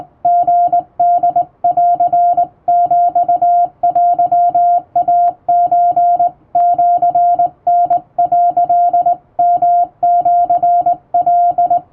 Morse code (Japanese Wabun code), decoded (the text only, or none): リホン ヒテイソ シタ」 ヨシカ